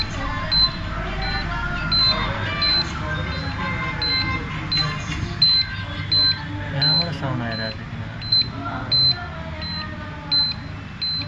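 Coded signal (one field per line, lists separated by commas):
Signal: beep code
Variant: dental X-ray unit buzzer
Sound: high-pitched short beeps repeating about once a second, with talking underneath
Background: speech, room noise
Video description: In this video, you can listen beeping sound continuously after the exposer switch is ON. NO expose sound made. Only beep sound is coming from buzzer as shown in the circuit pointed by my fingure.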